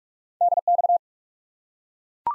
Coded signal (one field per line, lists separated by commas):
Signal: Morse code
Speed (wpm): 44 wpm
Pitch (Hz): 700 Hz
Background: none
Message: DX